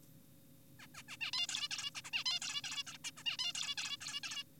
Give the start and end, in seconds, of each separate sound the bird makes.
0.80-0.87, 0.95-1.03, 1.08-1.17, 1.21-1.31, 1.33-1.47, 1.49-1.68, 1.71-1.90, 1.95-2.02, 2.05-2.11, 2.13-2.24, 2.26-2.40, 2.42-2.62, 2.64-2.84, 2.87-2.98, 3.04-3.11, 3.18-3.24, 3.26-3.37, 3.39-3.53, 3.55-3.75, 3.78-3.97, 4.01-4.20, 4.24-4.44